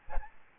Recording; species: mosquito wingbeat signal from an infrared sensor; Aedes albopictus